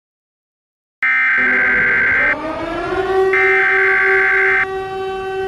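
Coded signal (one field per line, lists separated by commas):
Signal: Emergency Alert System (SAME) tones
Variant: header bursts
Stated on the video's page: Fictional parody EAS scenario, not a real alert.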